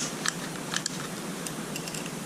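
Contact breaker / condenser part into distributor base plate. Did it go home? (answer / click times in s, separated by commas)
no / none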